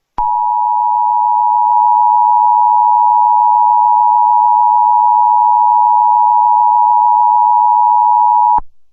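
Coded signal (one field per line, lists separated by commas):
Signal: Emergency Alert System (SAME) tones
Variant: 853 and 960 Hz attention tone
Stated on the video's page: Fictional EAS scenario, not a real alert.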